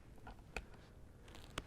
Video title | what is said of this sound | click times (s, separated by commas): Range VLOG #064 - Brownells (not a Ruger) 10/22 Takedown Rifle | need to take my earring protections I can hear it click | 0.6 s, 1.6 s